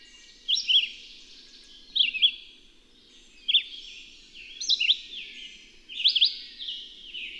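Bird song in clear, high chirpy phrases with sharp slides, delivered about every one and a half seconds against a quiet background.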